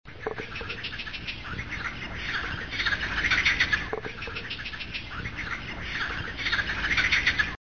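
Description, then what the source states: Frogs calling in a dense chorus of rasping, pulsed croaks, with many callers overlapping throughout. Frogs recorded at Star Dojran.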